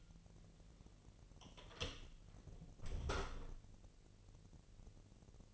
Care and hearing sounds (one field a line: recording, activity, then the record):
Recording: daily activity, microphone in the room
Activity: close door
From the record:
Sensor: 4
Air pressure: 1002.2 hPa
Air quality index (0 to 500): 248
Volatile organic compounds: 41 ppm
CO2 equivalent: 3164 ppm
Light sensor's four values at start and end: 9/20/8/7 and 9/21/8/7